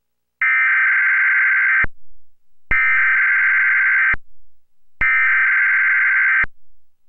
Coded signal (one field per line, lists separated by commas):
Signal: Emergency Alert System (SAME) tones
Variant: header bursts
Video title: EAS Required Monthly Test [5/7/2024]